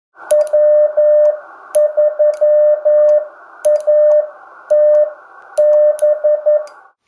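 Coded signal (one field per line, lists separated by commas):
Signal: Morse code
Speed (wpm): 11 wpm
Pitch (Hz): 1800 Hz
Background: none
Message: W3ATB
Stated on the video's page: Morse code at 6 WPM covering the alphabet and some punctuation marks.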